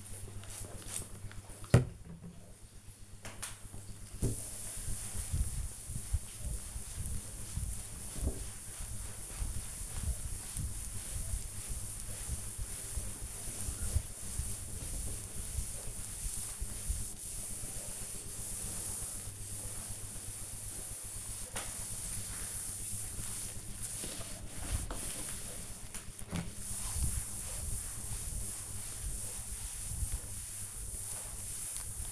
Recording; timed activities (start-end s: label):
household activities, microphone on the right wrist
0.00-32.12 s: cleaning table